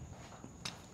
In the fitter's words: உள்ள இன்ஸ்டால் பண்ணுங்க okay okay நல்லா லாக் பண்ணுங்க லாக் சவுண்ட் வரும்